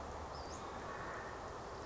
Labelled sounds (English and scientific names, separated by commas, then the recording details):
Western Flycatcher (Empidonax difficilis)
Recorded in Sonoma County, California